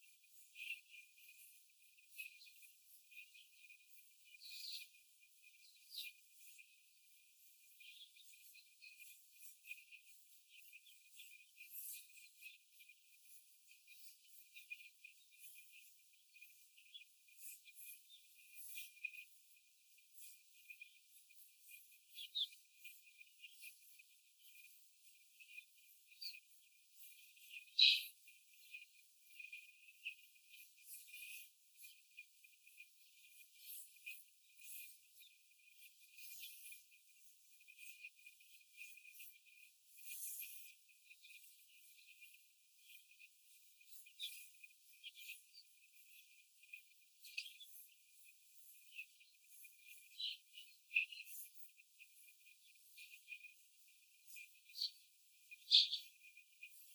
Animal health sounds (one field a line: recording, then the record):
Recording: young laying hens in a cage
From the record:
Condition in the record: after the stressor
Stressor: simulated dog barking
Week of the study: 4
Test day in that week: 1